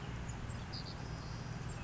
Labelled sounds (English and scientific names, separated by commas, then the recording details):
Savannah Sparrow (Passerculus sandwichensis)
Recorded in Sonoma County, California